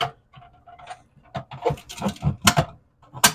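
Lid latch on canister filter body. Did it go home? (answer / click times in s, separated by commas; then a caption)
yes / 3.2 s. The plastic clamp latch on a canister filter lid is pressed against the filter body after failed tries, with scattered knocks and handling noises and someone talking. The latch finally snaps shut with a sharp click at 3.2 seconds, and the lid is seated.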